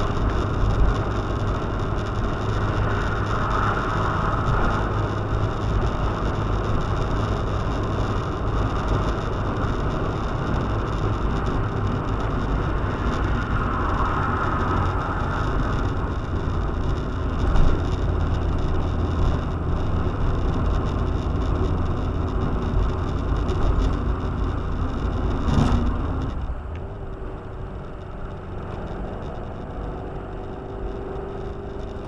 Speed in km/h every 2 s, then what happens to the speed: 97, 97, 97, 97, 96, 96, 88, 83, 79, 77, 77, 78, 79, 73, 71, 71.
0-11 steady at about 97. 11-16 slows to 79. 16-25 steady at about 78. 25-27 brakes to 71.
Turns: none.